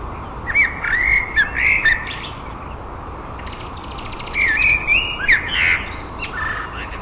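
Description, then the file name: Common blackbird song: two bursts of mellow whistled and chuckling phrases with a quiet gap between them, over constant low background noise. "Amsel"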